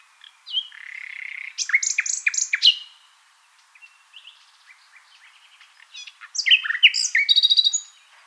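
Common nightingale song: a long even whistle leading into loud sharp notes, a quieter stretch, then another burst of rich varied phrases.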